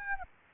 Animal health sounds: mosquito wingbeat signal from an infrared sensor; Aedes aegypti

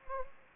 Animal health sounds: mosquito wingbeat signal from an infrared sensor; Anopheles gambiae

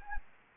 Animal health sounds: mosquito wingbeat signal from an infrared sensor; Anopheles gambiae

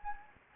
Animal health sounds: mosquito wingbeat signal from an infrared sensor; Anopheles gambiae

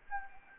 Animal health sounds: mosquito wingbeat signal from an infrared sensor; Anopheles gambiae

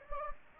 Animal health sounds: mosquito wingbeat signal from an infrared sensor; Anopheles gambiae

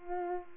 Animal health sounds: mosquito wingbeat signal from an infrared sensor; Culex pipiens

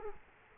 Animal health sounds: mosquito wingbeat signal from an infrared sensor; Culex quinquefasciatus

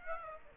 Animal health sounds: mosquito wingbeat signal from an infrared sensor; Aedes aegypti

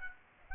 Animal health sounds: mosquito wingbeat signal from an infrared sensor; Aedes aegypti

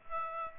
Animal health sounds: mosquito wingbeat signal from an infrared sensor; Aedes aegypti

